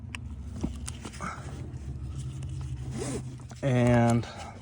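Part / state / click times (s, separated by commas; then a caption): child car seat latch or base locking into position in car / not seated / none. Someone talks while handling a child car seat part in a car, pushing it flat to lock the latch or base into position, with short sharp ticks and rustles near 0.2 and 0.9 seconds. A loud, steady buzzing tone rises from about 3.6 to 4.2 seconds before fading. Nothing has seated or clicked into place yet.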